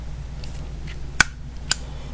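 During a tool unboxing, a metal quarter-inch universal swivel socket adapter is pushed onto its mate on a drive or bit, with faint ticks and handling noise over a low hum. A sharp click at 1.2 s marks the adapter locking in and seating, followed by a second sharp click at 1.7 s.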